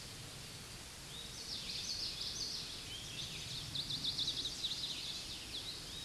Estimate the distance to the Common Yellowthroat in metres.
about 30 m